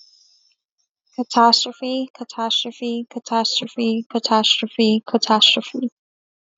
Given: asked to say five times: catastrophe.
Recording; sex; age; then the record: repeated word; female; 20 to 29 years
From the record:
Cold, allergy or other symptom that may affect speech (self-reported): no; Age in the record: 25 years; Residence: Arizona, United States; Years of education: 12